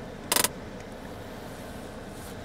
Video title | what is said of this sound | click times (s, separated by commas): [PART O7] MASTERING THE PROPER SHIFTING OF GEARS (MANUAL CAR) | Tapos, taas mo lang. Mga 3 to 5 click lang yung maririnig mong sound. | 0.3 s, 0.4 s